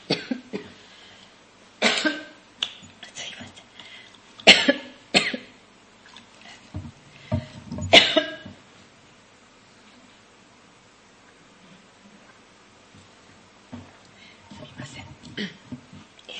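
Several harsh, irregular cough bursts from an adult man in a coughing fit that comes on while he strains to read aloud, followed by quieter throat sounds.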